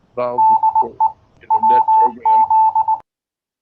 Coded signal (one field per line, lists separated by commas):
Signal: Morse code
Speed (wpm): 19 wpm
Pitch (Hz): 880 Hz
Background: speech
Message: DE WZ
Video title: 2021-02-08 - Easy 2 Meter Antenna Build